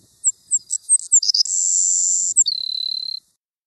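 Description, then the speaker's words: Savannah Sparrow song opening with a series of sharp high chip notes, then a sustained high note and a lower fluttering buzz at the end. Male song from research recordings, played to compare 1982 and 2011 songs and show how they changed over almost 30 years. "As an example, I'm going to play male savannah sparrow songs from 1982 and 2011 so you can compare how the songs changed over almost 30 years."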